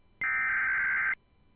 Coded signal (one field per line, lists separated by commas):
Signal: Emergency Alert System (SAME) tones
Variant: header bursts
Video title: [RARE; see desc.] {70 Subs Special} Fire Warning for Roger Mills County, OK (EAS #61)